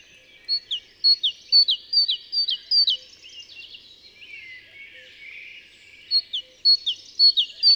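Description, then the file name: Great tit singing a run of several high two-note phrases, a pause with faint twittering, then more phrases, against soft background chatter. "Parus major"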